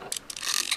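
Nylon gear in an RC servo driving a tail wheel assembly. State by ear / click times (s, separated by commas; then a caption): stripped / 0.1 s, 0.2 s, 0.3 s, 0.4 s, 0.5 s, 0.7 s. The tail wheel assembly of a P51 RC model plane is turned by hand, and its stripped nylon servo gear skips with a rapid series of sharp ratcheting clicks at 0.1, 0.2, 0.3, 0.4, 0.5 and 0.7 seconds. The result confirms the gear is stripped: its teeth no longer hold and just click past each other.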